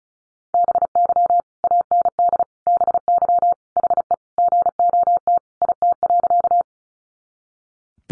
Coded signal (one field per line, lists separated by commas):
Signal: Morse code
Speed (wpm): 34 wpm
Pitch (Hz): 700 Hz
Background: none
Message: BY AND BY HE GOT IT.